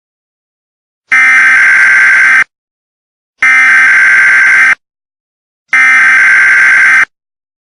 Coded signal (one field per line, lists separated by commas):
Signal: Emergency Alert System (SAME) tones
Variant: header bursts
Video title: Neo-Nazi Terrorist Attack EAS